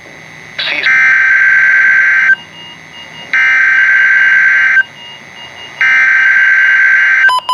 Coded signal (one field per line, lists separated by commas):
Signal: Emergency Alert System (SAME) tones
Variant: header bursts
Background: speech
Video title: Last Weeklies Of 2025! (EAS#555/556)